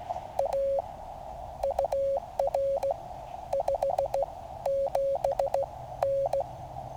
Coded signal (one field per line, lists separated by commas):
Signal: Morse code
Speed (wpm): 16 wpm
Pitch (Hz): 550 Hz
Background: none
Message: A UR 57N